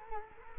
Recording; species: mosquito wingbeat signal from an infrared sensor; Culex quinquefasciatus